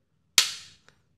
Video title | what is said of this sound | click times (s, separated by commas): The New Best Budget Matte Box - SmallRig Mini Matte Box Review | will hear a click | 0.4 s